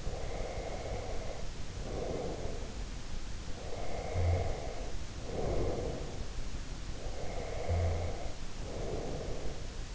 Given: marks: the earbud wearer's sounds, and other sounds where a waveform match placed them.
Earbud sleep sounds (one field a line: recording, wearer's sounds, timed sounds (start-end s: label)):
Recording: sounds in sleep by an in-ear microphone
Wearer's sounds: breath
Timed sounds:
0.00-3.00 s: breath
3.55-6.46 s: breath
6.95-9.75 s: breath